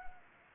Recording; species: mosquito wingbeat signal from an infrared sensor; Anopheles arabiensis